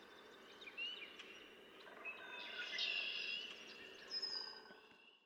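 Red-winged blackbird song, a buzzy trilled burst in the middle, with short whistled notes before and after it.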